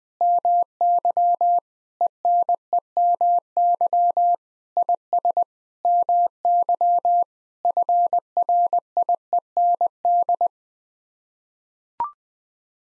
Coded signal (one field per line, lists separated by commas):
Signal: Morse code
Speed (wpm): 20 wpm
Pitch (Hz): 700 Hz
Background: none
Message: MY ENEMY IS MY FRIEND